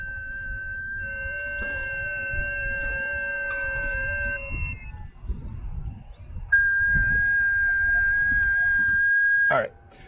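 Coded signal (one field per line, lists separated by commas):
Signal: FT8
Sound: a steady, slightly warbling whistle-like tone, heard twice, over low background rumble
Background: room noise, handling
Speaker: so what we could hear right there was that my phone's audio is about um within one second of all of the other audio from the other stations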